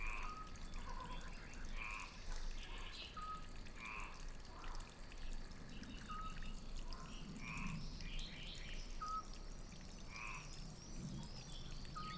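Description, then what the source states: Frogs croaking in many brief bursts over steady flowing water, with occasional short whistled bird notes. Recorded at a country fountain, with birds calling too.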